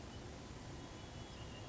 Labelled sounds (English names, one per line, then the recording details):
Red-winged Blackbird
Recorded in Sonoma County, California